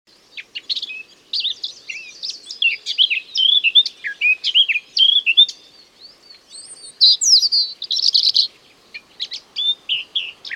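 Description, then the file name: Eurasian blackcap song: a fast, varied warble of scratchy and clear notes, rising into higher fluty phrases in the second half, in short bursts with brief pauses. "Sylvia atricapilla"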